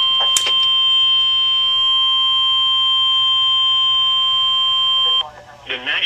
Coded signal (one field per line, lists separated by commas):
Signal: Emergency Alert System (SAME) tones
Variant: 1050 Hz attention tone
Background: speech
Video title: Severe Thunderstorm Warning (EAS #353)